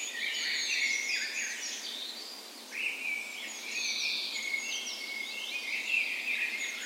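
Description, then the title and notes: Birds in a dawn chorus, many overlapping high whistles, trills and chirps from several songbirds singing at once. Dawn chorus on the morning of 17 May, Norway's National Day, in a park west in Bergen, Norway, in full spring; Sony PCM A10 recorder with LOM Usi microphones as tree ears. "17th Of May Dawn Chorus. Recorded on the morning of Norways National Day the 17th of May in a park west in Bergen. Spring is in full effect, and the dawn chorus sounds wonderful!"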